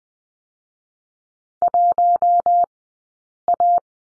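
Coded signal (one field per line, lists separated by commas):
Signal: Morse code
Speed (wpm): 20 wpm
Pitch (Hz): 700 Hz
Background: none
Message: 1 A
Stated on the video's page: Morse lesson on the number 1 in two-character groups, Farnsworth spacing 20/10 wpm.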